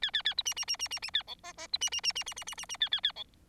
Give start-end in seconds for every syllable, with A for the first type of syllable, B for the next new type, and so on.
0.02-0.11 A, 0.13-0.22 A, 0.24-0.34 A, 0.37-0.42 B, 0.45-0.54 C, 0.56-0.65 C, 0.67-0.76 C, 0.79-0.88 C, 0.90-0.99 C, 1.02-1.10 C, 1.13-1.23 A, 1.27-1.35 D, 1.43-1.52 E, 1.57-1.67 E, 1.73-1.77 B, 1.81-1.90 C, 1.92-2.01 C, 2.03-2.13 C, 2.15-2.24 C, 2.26-2.34 C, 2.36-2.44 C, 2.47-2.55 C, 2.57-2.65 C, 2.69-2.77 C, 2.80-2.89 A, 2.92-3.00 A, 3.03-3.12 A, 3.16-3.24 D